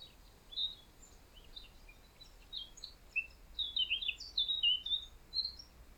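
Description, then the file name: Eurasian blackcap with faint scattered notes at first, then a louder burst of rapid, scratchy high warbling in the second half, over quiet background noise. "Sylvia atricapilla"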